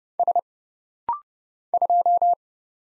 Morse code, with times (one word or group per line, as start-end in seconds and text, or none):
0.2-0.4 S
1.7-2.3 2